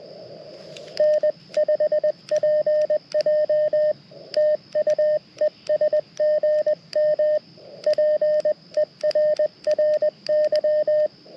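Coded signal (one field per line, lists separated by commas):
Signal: Morse code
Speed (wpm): 21 wpm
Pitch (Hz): 610 Hz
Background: radio noise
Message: N5PJ TU ES GM PERRY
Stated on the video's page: CW from a Parks on the Air activation using a Mountain Topper MTR4B V2 radio.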